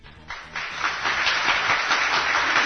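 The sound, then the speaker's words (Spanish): A crowd breaks into applause, starting softly and quickly swelling into a steady, dense wash of clapping that holds at a fairly loud level for a few seconds, with no voices. “Aplaudimos la iniciativa a esta gente.”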